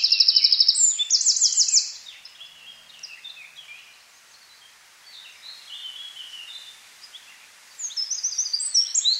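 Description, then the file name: Eurasian wren trills loudly at the start, followed by faint scattered chirps, then a new burst of high twittering song begins near the end. "Troglodytes troglodytes"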